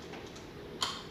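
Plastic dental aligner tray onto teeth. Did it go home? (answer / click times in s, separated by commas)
yes / 0.8 s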